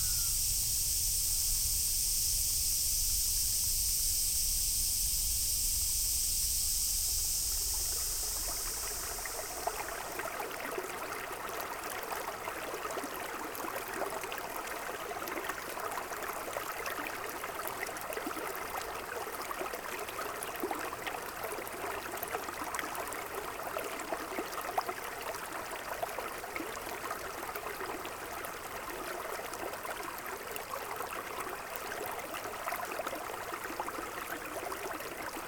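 A field recording from Kyoto, opening with a bright, steady hiss over a low rumble for about nine seconds. The hiss then drops away, leaving a dense, even wash of trickling, splashing water in the middle range that runs unchanged to the end.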